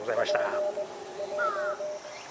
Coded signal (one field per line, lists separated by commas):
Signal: Morse code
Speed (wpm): 24 wpm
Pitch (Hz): 600 Hz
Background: speech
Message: P J